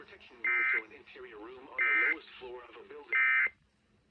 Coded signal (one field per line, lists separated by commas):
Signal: Emergency Alert System (SAME) tones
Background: speech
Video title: EAS ALERTS 5881-5893 FROM 06/17/24